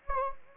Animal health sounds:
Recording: mosquito wingbeat signal from an infrared sensor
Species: Anopheles gambiae

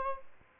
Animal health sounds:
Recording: mosquito wingbeat signal from an infrared sensor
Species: Aedes albopictus

